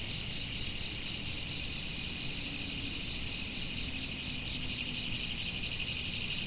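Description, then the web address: Autumn insects: bright high continuous drone, punctuated by triple-pulsed chirps in two runs, the first early and the second after a quiet middle stretch. "nature 01 autumn insects"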